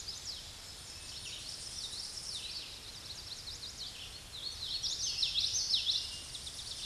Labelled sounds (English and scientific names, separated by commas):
Common Yellowthroat (Geothlypis trichas) song